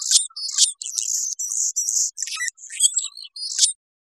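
Anna's hummingbird giving a rapid run of scratchy, buzzy high chips and squeaks, broken by short pauses.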